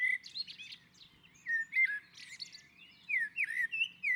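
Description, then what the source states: Common blackbird song with repeated short, mellow whistled notes and warbles, mixed with high squeaky flourishes, continuing throughout with brief pauses. Common blackbird singing on a roof.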